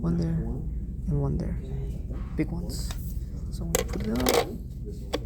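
Someone talks while lining up a cover or plate with its holes on a Mac mini casing and handling it into position, with light scraping and brief clinks of the parts against each other. Nothing has seated or clicked into place yet.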